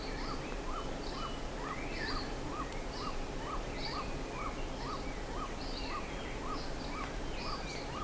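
Bird calls: a brisk series of short notes about twice a second, overlaid with higher chirping notes, all above a constant rushing background hiss.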